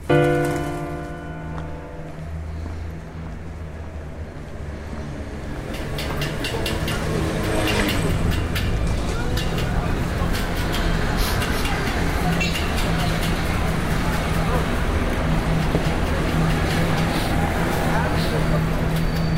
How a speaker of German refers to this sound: Mit dem Bus in knapp einer Viertelstunde vom Flughafen zur riesigen, von unübersehbaren Bauzäunen und leidenschaftlichem Verkehrstumult geprägten Piazza Garibaldi gekommen, die sich vor Neapels Hauptbahnhof bäumt.